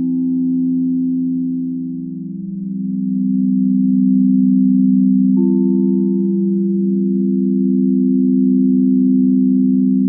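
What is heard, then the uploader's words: A crystal singing bowl hums with a steady, low sustained tone, swelling gently, with a faint higher ring renewed by a light strike midway. Crystal Singing bowl.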